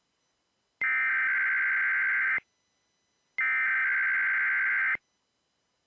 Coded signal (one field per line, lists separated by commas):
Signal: Emergency Alert System (SAME) tones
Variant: header bursts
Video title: COVID-19 ISOLATION ALERTS PART 2... (EAS ALERTS 3856-3869 FROM 10/11/22-10/15/22)